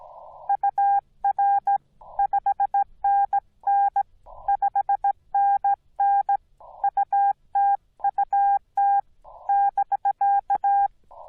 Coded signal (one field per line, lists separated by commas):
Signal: Morse code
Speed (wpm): 17 wpm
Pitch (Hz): 810 Hz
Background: none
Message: UR 5NN 5NN UTUT <BK>